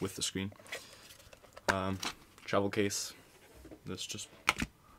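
Someone talks while handling an Oral-B Triumph 5000 electric toothbrush handle at its plastic travel case holder, with a few short, sharp handling ticks near 4.5 s. The handle is not yet home in the case: nothing has seated or clicked yet.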